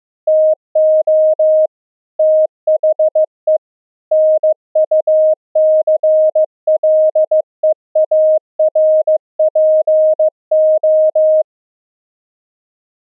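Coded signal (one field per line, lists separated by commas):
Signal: Morse code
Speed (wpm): 15 wpm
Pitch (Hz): 620 Hz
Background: none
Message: TO THE NUCLEAR PO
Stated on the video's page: Pulse density modulated CW transmitted and received on LF at 64 kHz with resonant magnetic near-field antennas, an experiment for through-the-earth cave communication.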